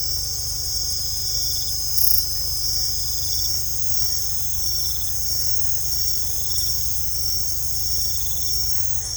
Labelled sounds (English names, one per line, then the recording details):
none
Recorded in secondary vegetation near Puerto Asís, Putumayo, Colombia, on 20 December 2024 at 22:00
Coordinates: 0.468, -76.324
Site G095